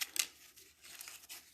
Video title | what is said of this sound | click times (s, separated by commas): Sending Hearts Paper Pumpkin | that around and then just tuck it down, and there's a little tab that snaps into place. | 0.2 s